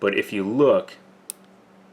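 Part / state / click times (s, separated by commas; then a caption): thumb safety lever on a 1911 pistol frame / partly seated / 1.3 s. Someone talks, then the manual thumb safety on a stainless steel 1911 pistol frame is worked, giving a single sharp tick at 1.3 s. The safety does not go all the way into the safe position because the hammer is not coming back far enough, so it only partly engages.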